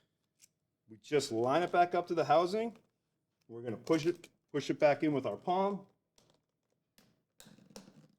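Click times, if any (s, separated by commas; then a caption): 7.0 s, 7.4 s, 7.8 s. Someone talks while a knocked-off BOA H+i1 lacing dial is lined up with its plastic housing on a ski boot and pressed back on with the palm. Small clicks follow at about 7.0, 7.4 and 7.8 seconds as the dial seats back onto the housing.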